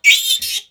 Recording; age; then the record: pig call; piglet (1 to 25 days)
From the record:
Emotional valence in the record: negative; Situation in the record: restrain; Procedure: back test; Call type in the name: high-frequency call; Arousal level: maximum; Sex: female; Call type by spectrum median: high-frequency call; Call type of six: high-frequency stable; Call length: 0.71 s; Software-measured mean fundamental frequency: 306 Hz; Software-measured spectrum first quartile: 2512 Hz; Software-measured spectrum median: 3447 Hz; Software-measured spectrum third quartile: 5235 Hz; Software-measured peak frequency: 2274 Hz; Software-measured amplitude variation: 217 dB a second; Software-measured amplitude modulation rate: 13.3 a second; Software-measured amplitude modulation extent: 16.2 dB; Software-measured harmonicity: 6.7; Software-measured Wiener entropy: -3.29